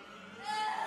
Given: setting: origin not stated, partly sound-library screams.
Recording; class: one-second piece from a danger detection set; woman in danger